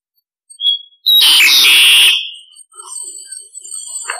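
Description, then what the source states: Starling harsh call: a short whistle, then a loud rasping screech, followed by softer chattering notes. Calls used to lure starlings; described as starlings calling the flock.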